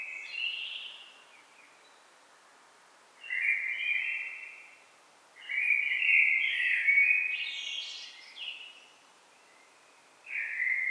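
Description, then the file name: Common blackbird singing: fluting warbled phrases ending in thin high twitters, four phrases separated by pauses. "Turdus merula"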